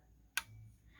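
Someone moves a part on a disassembled Black Aces Tactical Pro Series L lever-action shotgun with the buttstock off, where a spring-loaded detent near the buttstock area of the receiver holds it. A single sharp, bright click is heard at 0.4 s over a faint low hum. The detent snaps into its notch and the part is seated.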